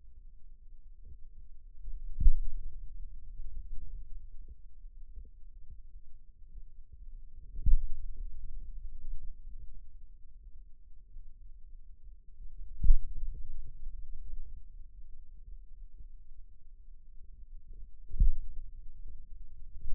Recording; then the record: forearm muscle sounds (acoustic myography)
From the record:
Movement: finger pinch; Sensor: system 2, bracelet of six BSWA MPA416 microphones around the upper forearm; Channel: 2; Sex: male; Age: 22 years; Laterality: right